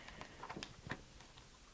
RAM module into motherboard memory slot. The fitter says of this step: press down. I heard that clicking sound.